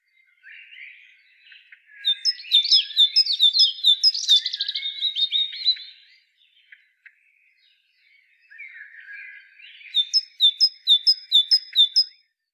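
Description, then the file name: Great tit calls: a rapid series of sharp, high two-part notes, each dropping in pitch, in two bouts, with softer chattering between them. "Parus major"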